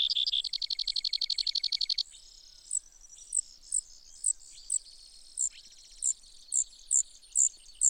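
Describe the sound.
Brewer's sparrow song opening with a fast trill of about two seconds, followed by single high notes repeated roughly every half second.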